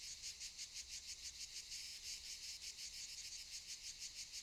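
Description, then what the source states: Cicadas singing in a dense, buzzing chorus, high-pitched and pulsing several times per second, with steady insect noise throughout. Cicadas recorded around 18:40 in the evening in Valdelatas hill woodland near Madrid, Spain, during the COVID-19 de-escalation period before Phase 3.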